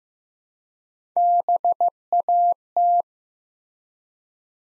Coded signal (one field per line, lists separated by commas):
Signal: Morse code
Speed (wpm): 15 wpm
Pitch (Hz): 700 Hz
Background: none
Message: BAT